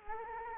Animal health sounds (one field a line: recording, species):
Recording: mosquito wingbeat signal from an infrared sensor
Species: Anopheles gambiae